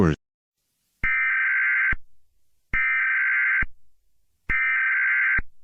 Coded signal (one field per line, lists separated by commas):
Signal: Emergency Alert System (SAME) tones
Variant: header bursts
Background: speech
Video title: (UnFinished) EAS Collab 1